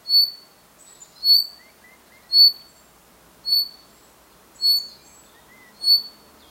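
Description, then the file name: Common chaffinch giving six crisp, high single notes at a steady pace of roughly one per second, with a few faint twittering sounds in the background. "Fringilla coelebs"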